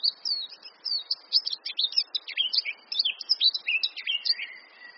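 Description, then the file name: Eurasian blackcap singing a dense, fast chattering warble of high twittering notes, with a few lower whistled slurs near the end and a thin constant whine behind. "Sylvia atricapilla"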